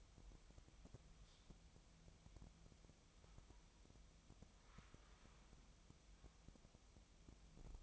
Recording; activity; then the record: daily activity, microphone in the room; wipe stove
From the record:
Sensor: 1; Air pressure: 1004.8 hPa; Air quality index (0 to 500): 84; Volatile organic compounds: 2 ppm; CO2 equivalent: 1128 ppm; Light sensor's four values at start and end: 9/23/9/10 and 9/23/9/9